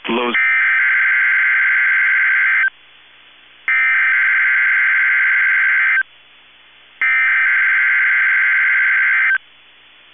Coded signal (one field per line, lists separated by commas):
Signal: Emergency Alert System (SAME) tones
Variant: header bursts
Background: speech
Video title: SECOND TIMES A CHARM Required Weekly Test On KEC65 7/15/21 (EAS #761-762)